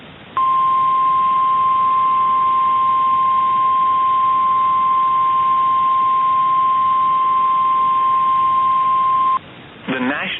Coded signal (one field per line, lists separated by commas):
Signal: Emergency Alert System (SAME) tones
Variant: 1050 Hz attention tone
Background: speech